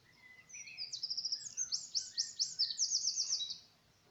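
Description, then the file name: Eurasian wren singing a fast, shrill, high-pitched burst of rattling trills and sweeping notes for about three seconds, with a softer lower warble in the background. "Troglodytes troglodytes"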